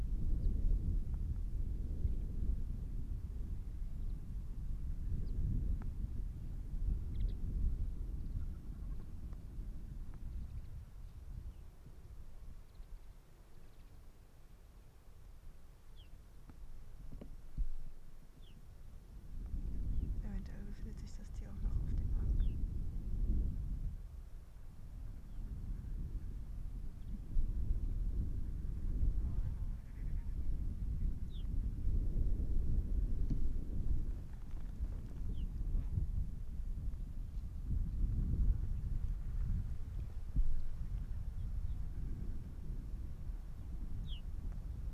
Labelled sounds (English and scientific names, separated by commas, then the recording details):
Arctic Fox (Vulpes lagopus)
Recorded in the wild
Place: Insel Mednyi, Kommandeur-Inseln, RU
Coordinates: 54.5167, 168.083
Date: 1999-07-28 18:37
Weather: 13°C, Nebel, leichter Wind aus Nordwest
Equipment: Sony WM-D6C, Sennheiser ME 80, K 30 AV, Windkorb, Kopie Tascam DA 30
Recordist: Jakupi, Antje
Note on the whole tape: Südosten der Insel, Haupttal, weisse Stange: Vier Bellstrophen aus Richtung Sattel "Mt. Blanc" - "Matterhorn". Eine vorangeganene nicht aufgezeichnet. Nach drei Bellstrophen Antwortbellen vom Grat des "Mt. Blanc". Später Bellen aus Hüttental